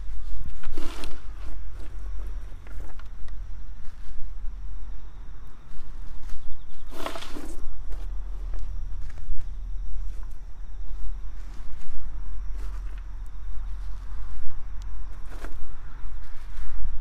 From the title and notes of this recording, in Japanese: 秋の、日が暮れ始めた16時過ぎ、ニンニクの定植。台風が南遠くから近づいてきている。曇り空の空気の少し重たい夕暮れ。穴あきマルチに棒で穴を開け、1片ずつニンニクを入れたあと、土をかけていく。今日はどの音も湿気のせいか少しこもって聞こえる。秋の夕方 ニンニクの定植。